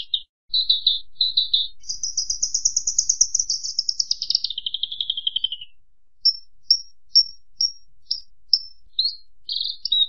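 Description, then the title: Horsfield's bush lark singing a few chirps, then a long buzzy trill that slides downward, followed by evenly spaced thin high notes and a brief scratchy ending. Actively singing (gacor) bird on a master recording made for training other birds. "SUARA MASTERAN BURUNG BRANJANGAN GACOR"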